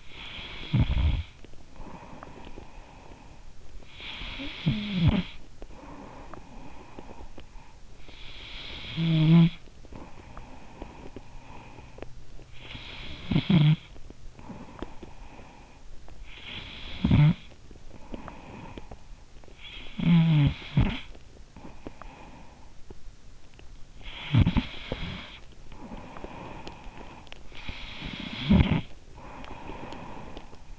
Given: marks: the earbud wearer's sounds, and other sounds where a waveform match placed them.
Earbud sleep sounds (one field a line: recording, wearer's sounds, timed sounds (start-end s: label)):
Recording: sounds in sleep by an in-ear microphone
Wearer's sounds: snoring breath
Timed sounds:
0.16-12.18 s: snoring breath
12.41-30.78 s: snoring breath